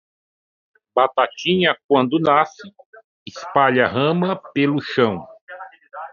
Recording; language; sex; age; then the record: short text; Brazilian Portuguese; male; 50 to 59 years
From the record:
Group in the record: control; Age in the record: 55 years